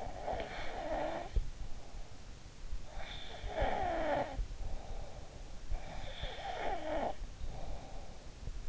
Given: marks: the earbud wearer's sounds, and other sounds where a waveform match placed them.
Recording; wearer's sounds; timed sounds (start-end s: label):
sounds in sleep by an in-ear microphone; snoring breath
0.00-1.75 s: snoring breath
3.31-5.55 s: snoring breath
6.01-8.35 s: snoring breath